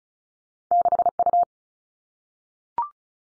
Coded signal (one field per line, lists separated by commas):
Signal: Morse code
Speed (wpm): 36 wpm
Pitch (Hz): 700 Hz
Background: none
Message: 6 U